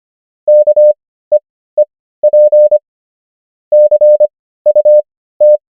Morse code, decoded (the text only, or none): KEEP CUT